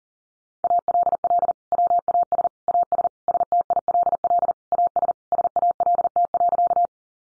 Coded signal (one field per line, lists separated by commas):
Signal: Morse code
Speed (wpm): 40 wpm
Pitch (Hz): 700 Hz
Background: none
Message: ALL WAS AS STILL AS SALT.